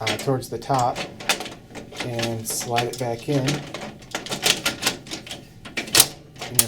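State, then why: Seated. A fuser unit is slid back into a laser printer and pushed home while someone talks. Several short knocks and scrapes are heard along the way, and a final sharp, loud click at 6.6 s marks the latch as the fuser seats into place.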